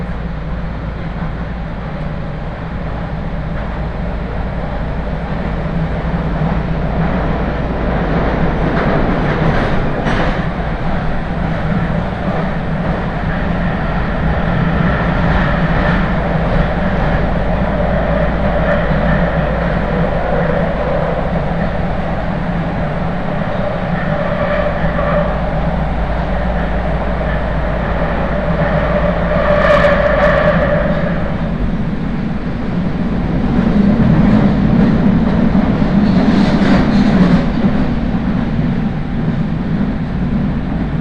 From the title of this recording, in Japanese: 鉄道旅 あおなみ線・東山線 金城ふ頭→荒子・高畑→名古屋